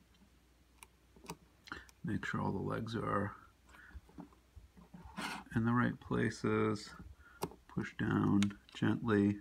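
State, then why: Not seated. A DIP IC chip is lined up over an IC socket on a circuit board, its notch matched to the socket's indentation, while someone talks. Light ticks are heard as its legs are checked in the socket holes before it is pushed down. Nothing has seated or clicked yet.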